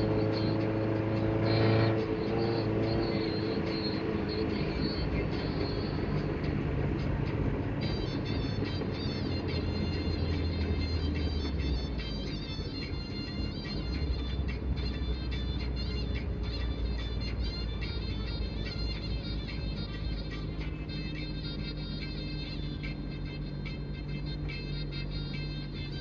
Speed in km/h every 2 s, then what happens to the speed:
50, 47, 43, 39, 35, 30, 27, 25, 24, 22, 21, 21, 21.
0-12 slows to 27. 12-26 steady at about 22.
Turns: none.